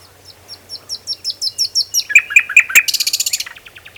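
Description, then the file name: Common nightingale song: a crescendo of fast repeated notes, a few sharp clicks, a loud buzzy burst, then a rapid fading trill. "Luscinia megarhynchos"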